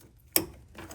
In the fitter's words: You can hear that click, so you know that's on there.